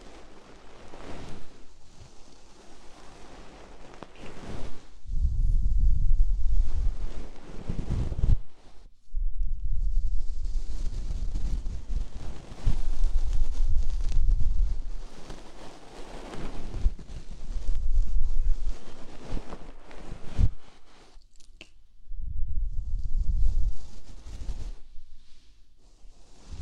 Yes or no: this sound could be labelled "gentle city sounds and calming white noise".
no